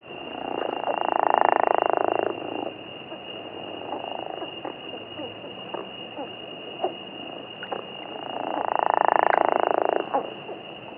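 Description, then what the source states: Chiricahua leopard frog giving a snoring rattle: two long loud bursts separated by several seconds of quieter clicks, with a steady high hum throughout. Recorded in Arizona.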